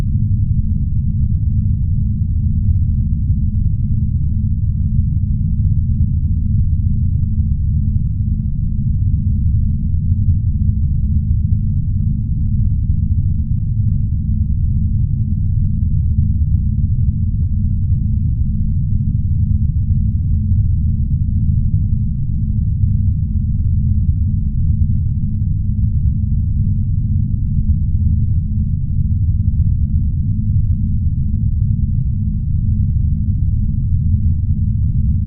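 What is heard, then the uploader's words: A spaceship engine drones on a deep space voyage, a steady low rumble that holds at the same level for the whole stretch. The sound is dense and dark, with a faint pulsing texture in the hum and nothing bright above it. Space Voyage - Spaceship Engine Sounds. Spaceship engine sounds on a deep space voyage.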